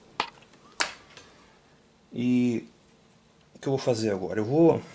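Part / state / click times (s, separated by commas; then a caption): cable connector into TV circuit board socket / seated / 0.2 s, 0.8 s. During repair of a Samsung 32-inch UN32D5000 TV that won't turn on and only blinks its panel LED, a cable connector is pushed into its circuit board socket until it locks. Two sharp snaps are heard at 0.2 s and 0.8 s as it seats, followed by a faint tap. Someone then talks.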